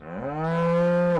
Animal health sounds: contact call of a hoofed animal; cattle; low-frequency (closed-mouth) or high-frequency (open-mouth) call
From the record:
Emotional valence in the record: negative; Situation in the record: full separation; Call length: 1.20 s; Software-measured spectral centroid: 1300 Hz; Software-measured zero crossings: 1180 a second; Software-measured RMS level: -23 dBFS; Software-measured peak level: -16 dBFS

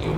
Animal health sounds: contact call of a hoofed animal; pig; closed-mouth grunt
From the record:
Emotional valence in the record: positive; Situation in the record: food and toys in familiar pen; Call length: 0.19 s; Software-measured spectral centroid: 1570 Hz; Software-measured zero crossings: 940 a second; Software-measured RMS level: -24 dBFS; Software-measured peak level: -16 dBFS

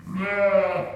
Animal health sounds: contact call of a hoofed animal; sheep; low-frequency (closed-mouth) or high-frequency (open-mouth) call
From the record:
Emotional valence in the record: negative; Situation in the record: short social isolation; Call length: 0.96 s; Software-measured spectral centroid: 1400 Hz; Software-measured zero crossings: 1520 a second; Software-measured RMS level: -23 dBFS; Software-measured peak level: -9 dBFS

